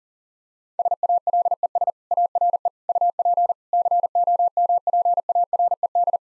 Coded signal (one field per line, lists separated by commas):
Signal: Morse code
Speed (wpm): 40 wpm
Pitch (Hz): 700 Hz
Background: none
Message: SALES ARE UP COMPARED